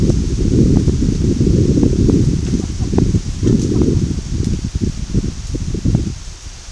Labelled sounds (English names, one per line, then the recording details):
none
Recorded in dense forest near Puerto Asís, Putumayo, Colombia, on 21 February 2024 at 13:00
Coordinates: 0.503, -76.322
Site G6418